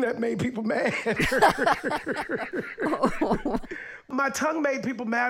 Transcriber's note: laughter